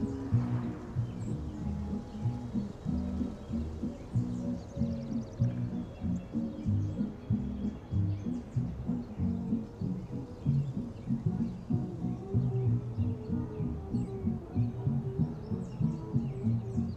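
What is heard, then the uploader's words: Oldies music plays muffled from another room, its bass and mid tones dense and steady while the brighter parts are dulled by the walls. Faint bird chirps come through thinly from an open window now and then over the constant music. Summer oldies playing in another room.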